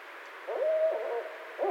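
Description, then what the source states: Barred owl giving a brief hooted phrase, short notes around a drawn-out level hoot, with another note starting at the end. Recorded 5 February 2012.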